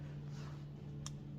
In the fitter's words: there's one click and then nothing. I can't turn it to the extra firm position.